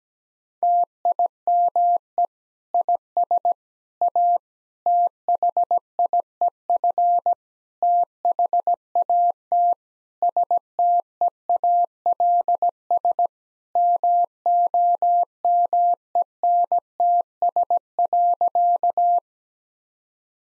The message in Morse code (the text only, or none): TIME IS A THIEF THAT STEALS MOMENTS.